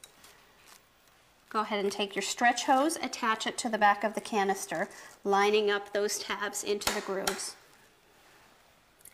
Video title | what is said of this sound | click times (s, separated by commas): 5 Best Hepa Vacuum To Buy On Amazon 2021 - Top Rated Hepa Vacuum Reviews (Budget Pick) | again until you hear it click into place | 0.0 s